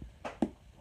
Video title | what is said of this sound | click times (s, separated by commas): Dollar General 🔥HOT🔥clearance Sale!🔥 | it snap like the magnets go together so | 0.4 s